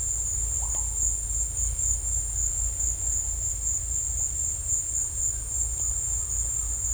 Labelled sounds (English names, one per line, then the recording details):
none
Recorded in secondary vegetation near Puerto Asís, Putumayo, Colombia, on 16 December 2024 at 15:00
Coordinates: 0.481, -76.318
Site G042